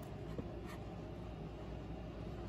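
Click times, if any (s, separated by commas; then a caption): none. An ethernet cable plug is handled at the LAN 1 port of a TP-Link AX3000 Archer AX50 router, with only faint handling noise over a low steady background and no talk. Nothing has seated or clicked yet.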